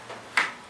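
A bulb holder is lined up with its tab groove and turned clockwise into a tail lamp housing, giving a short, sharp click at 0.4 s that stands out from a quiet background. The socket is seated, twist-locked into the housing.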